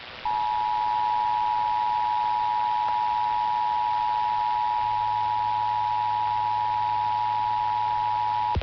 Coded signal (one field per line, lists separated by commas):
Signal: Emergency Alert System (SAME) tones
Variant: 853 and 960 Hz attention tone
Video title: Required Monthly Tests from May 4 2026 EAS 652-656